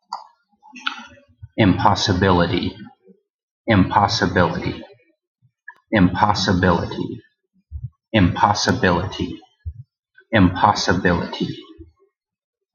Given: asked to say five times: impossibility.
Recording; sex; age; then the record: repeated word; male; 40 to 49 years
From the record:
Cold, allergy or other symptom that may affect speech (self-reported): no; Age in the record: 40 years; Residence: Iowa, United States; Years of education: 15